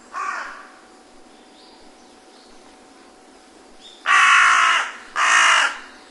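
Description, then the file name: Carrion crow gives one hoarse caw, then a pause with faint bird chirps, followed by two loud, drawn-out rasping caws. "hasiboso"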